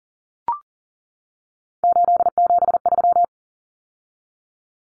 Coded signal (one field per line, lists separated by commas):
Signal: Morse code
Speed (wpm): 40 wpm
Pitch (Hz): 700 Hz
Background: none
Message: 873